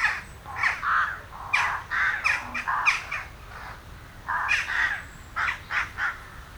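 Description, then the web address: Western jackdaws uttering hoarse, squeaky 'kyow' calls in quick clusters, a short pause near the middle, then more calls. "Effects 02-Birds, Insects Animals. Birds Crown Jackdaws"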